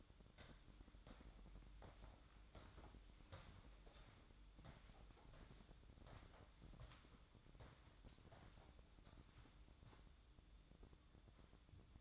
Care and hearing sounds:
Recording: daily activity, microphone in the room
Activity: walk to room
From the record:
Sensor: 3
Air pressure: 1008.2 hPa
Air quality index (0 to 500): 132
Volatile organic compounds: 2 ppm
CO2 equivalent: 1096 ppm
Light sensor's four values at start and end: 9/21/8/8 and 9/21/8/8

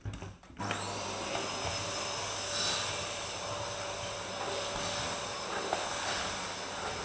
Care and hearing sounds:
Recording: daily activity, microphone in the room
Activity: vacuum cleaning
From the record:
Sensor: 2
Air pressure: 1011.7 hPa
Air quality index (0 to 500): 220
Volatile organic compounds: 4 ppm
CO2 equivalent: 1549 ppm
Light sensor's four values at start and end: 7/17/7/7 and 5/11/5/5

